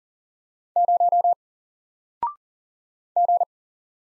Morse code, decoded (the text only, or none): 0 G